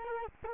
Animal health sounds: mosquito wingbeat signal from an infrared sensor; Culex quinquefasciatus

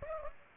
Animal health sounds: mosquito wingbeat signal from an infrared sensor; Aedes aegypti

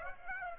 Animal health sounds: mosquito wingbeat signal from an infrared sensor; Aedes aegypti

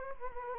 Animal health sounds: mosquito wingbeat signal from an infrared sensor; Anopheles gambiae

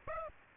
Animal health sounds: mosquito wingbeat signal from an infrared sensor; Aedes aegypti

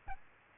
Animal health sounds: mosquito wingbeat signal from an infrared sensor; Aedes albopictus

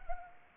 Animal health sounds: mosquito wingbeat signal from an infrared sensor; Anopheles arabiensis

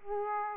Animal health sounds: mosquito wingbeat signal from an infrared sensor; Aedes aegypti

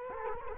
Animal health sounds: mosquito wingbeat signal from an infrared sensor; Culex quinquefasciatus

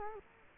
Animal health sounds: mosquito wingbeat signal from an infrared sensor; Culex quinquefasciatus

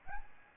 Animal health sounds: mosquito wingbeat signal from an infrared sensor; Aedes albopictus

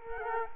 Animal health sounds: mosquito wingbeat signal from an infrared sensor; Culex quinquefasciatus

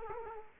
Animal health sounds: mosquito wingbeat signal from an infrared sensor; Culex quinquefasciatus

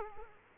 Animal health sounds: mosquito wingbeat signal from an infrared sensor; Culex quinquefasciatus

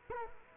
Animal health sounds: mosquito wingbeat signal from an infrared sensor; Culex quinquefasciatus

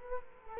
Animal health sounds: mosquito wingbeat signal from an infrared sensor; Culex quinquefasciatus

